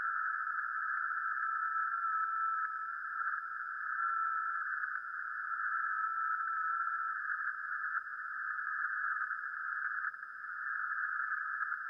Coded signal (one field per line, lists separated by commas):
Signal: FT8